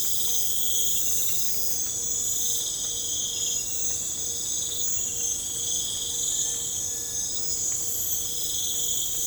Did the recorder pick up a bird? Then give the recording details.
no. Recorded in pastures near Puerto Asís, Putumayo, Colombia, on 26 December 2024 at 04:00. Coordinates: 0.496, -76.326. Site G004